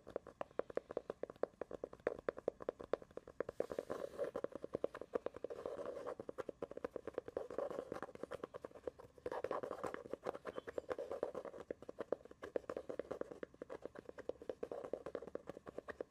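Quick, dense tapping clicks run throughout, with rougher scratching swells around four, seven to eight, ten, and fifteen seconds.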